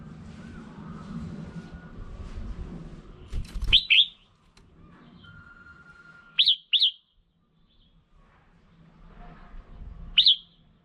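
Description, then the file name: Red-whiskered bulbul calling: sharp, upslurred chirps singly and in pairs, spaced a few seconds apart, after a stretch of low background noise. Female bird. "tieng chao mao mai"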